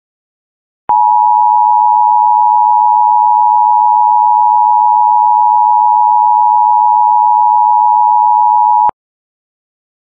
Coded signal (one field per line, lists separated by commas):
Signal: Emergency Alert System (SAME) tones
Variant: 853 and 960 Hz attention tone